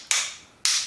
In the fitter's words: and you'll hear the click.